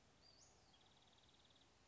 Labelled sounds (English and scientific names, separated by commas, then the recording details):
Western Flycatcher (Empidonax difficilis)
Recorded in Sonoma County, California